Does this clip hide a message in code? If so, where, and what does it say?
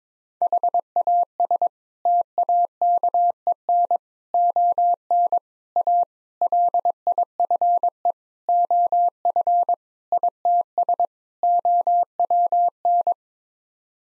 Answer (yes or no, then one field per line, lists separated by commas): yes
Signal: Morse code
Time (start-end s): 0.4-13.1 s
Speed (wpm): 22 wpm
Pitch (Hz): 700 Hz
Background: none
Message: HAS TAKEN ON A LIFE OF ITS OWN